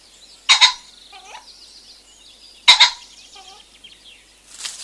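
Common pheasant giving two loud, rasping double-note crows about two seconds apart.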